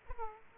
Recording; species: mosquito wingbeat signal from an infrared sensor; Aedes aegypti